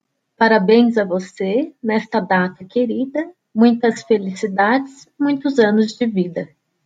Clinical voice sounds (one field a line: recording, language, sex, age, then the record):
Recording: short text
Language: Brazilian Portuguese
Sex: female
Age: 20 to 29 years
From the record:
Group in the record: control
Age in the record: 29 years